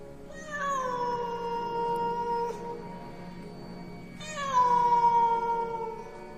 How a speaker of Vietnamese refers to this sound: Con mèo đen vẫn ngồi ở đó trên ban công, nhìn chằm chằm vào trong phòng. Thỉnh thoảng nó lại kêu lên những tiếng nghe đến sốt cả ruột.